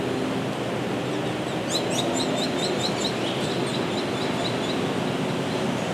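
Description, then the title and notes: Carib grackle calls: a run of short, high chirps repeated quickly for several seconds over steady low rumbling background noise. Tree-lined street, Calle 45 between San Esteban cemetery and Avenida Santander, Manizales, Colombia, where many grackles reside; 30 May 2023, 8:34 a.m. "Grabación de vocalizaciones de Quiscalus lugubris (tordo negro) en la calle 45, entre el cementerio San Esteban y la avenida Santander en Manizales. Esta es una calle llena de árboles donde una cantidad considerable de tordos reside. La grabación fue hecha el 30 de mayo del año 2023, a las 8:34 a.m."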